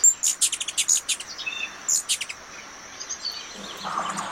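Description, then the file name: Ruby-throated hummingbird giving a rapid burst of sharp, high chips and ticks over the first two seconds, then sparser faint chips, with a steady high insect-like hiss beneath. "Canto do beija flor da garganta vermelha"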